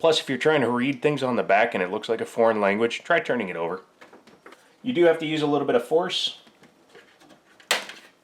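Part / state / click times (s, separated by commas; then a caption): motherboard I/O shield into PC case rear opening / seated / 7.7 s. Someone talks while a metal I/O shield (the motherboard's back plate cover) is pressed with some force into the rear opening of a small PC case. Faint taps come around 4.3–4.5 s, then a sharp, loud pop at 7.7 s as the shield snaps into place.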